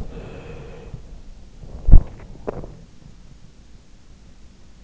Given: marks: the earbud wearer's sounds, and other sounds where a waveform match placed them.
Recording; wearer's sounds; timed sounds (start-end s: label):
sounds in sleep by an in-ear microphone; body movement, swallowing
1.46-3.63 s: body movement
2.13-2.80 s: swallowing